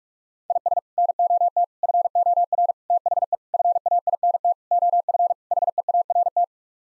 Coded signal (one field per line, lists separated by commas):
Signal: Morse code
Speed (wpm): 46 wpm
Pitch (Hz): 700 Hz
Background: none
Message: IS NOT FOR THE FAINT OF HEART